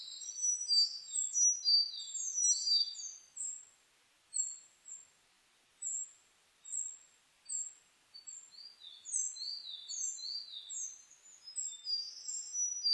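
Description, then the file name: Bird song of high, thin chirps in quick phrases, thinning to spaced single notes midway, then denser again. Recorded on 29 May 2004. "040529 saezuri"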